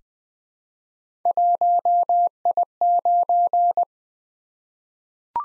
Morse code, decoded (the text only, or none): 1I9